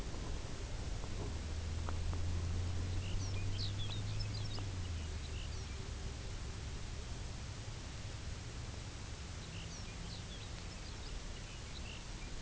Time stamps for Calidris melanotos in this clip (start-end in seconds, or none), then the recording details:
4.91-7.14. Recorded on Arctic tundra, site UTQI-0, on 17 June 2019. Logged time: 22:00